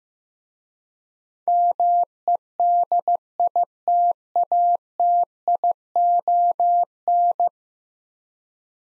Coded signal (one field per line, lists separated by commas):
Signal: Morse code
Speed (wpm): 15 wpm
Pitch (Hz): 700 Hz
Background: none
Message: MEDITATION